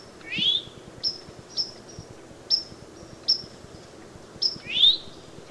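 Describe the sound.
Eastern towhee calls: two rising, slurred notes at the start and end, separated by a series of thin, high, short chips.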